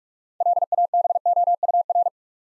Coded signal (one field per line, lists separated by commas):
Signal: Morse code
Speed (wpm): 44 wpm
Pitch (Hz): 700 Hz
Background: none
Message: LABOUR